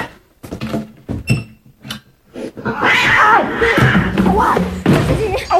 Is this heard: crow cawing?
no